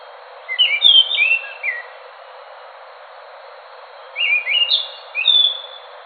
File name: anis macan. omkicau